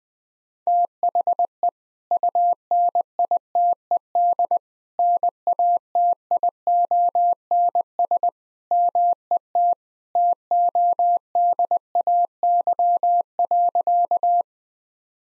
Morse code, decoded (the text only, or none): THE UNITED NATIONS MET TODAY.